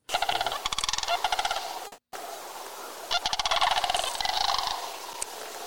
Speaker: Now, the sandhill crane call, I think, is one of the wonderful things of spring. It's very recognizable.